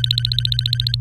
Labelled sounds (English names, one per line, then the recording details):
Domestic Canary song
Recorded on 23 April 2018 at 16:05
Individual llb3